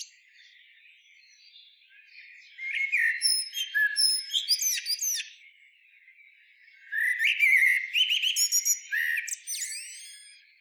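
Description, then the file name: Common blackbird song in two bursts, each of rich, fluting whistles followed by thin, squeaky high notes, separated by a short silence. "Turdus merula"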